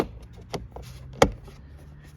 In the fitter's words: click click there we go